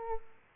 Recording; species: mosquito wingbeat signal from an infrared sensor; Aedes aegypti